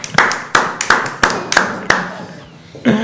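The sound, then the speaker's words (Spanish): Hands clap in a steady rhythm as applause for a guest, about eight sharp, loud claps in quick succession, before a voice starts speaking right at the end. “Un fuerte aplauso para”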